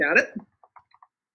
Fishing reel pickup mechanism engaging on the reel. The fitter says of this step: make sure until it clicks